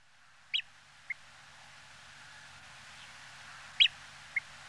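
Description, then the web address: Nordmann's greenshank calling twice, each time a harsh, abrupt note followed by a brief quieter note, the pairs about three seconds apart, with faint hiss behind. "tringa guttifer"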